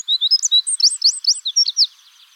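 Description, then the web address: Eurasian wren song fragment: quick, high, chirping notes and swooping whistles rattled off for under two seconds, then quiet. Recorded at Wiesloch. "Wiesloch. Zaunkönig Gesang"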